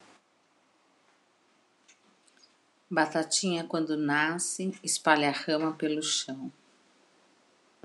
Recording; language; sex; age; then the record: short text; Brazilian Portuguese; female; 60 to 69 years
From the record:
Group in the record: control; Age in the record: 60 years